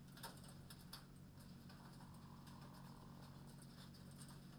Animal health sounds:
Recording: poultry house recording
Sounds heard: sick chickens (respiratory disease)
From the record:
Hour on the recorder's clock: 21

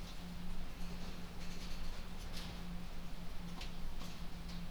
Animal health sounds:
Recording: poultry house recording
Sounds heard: no chicken sound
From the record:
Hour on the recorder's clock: 20

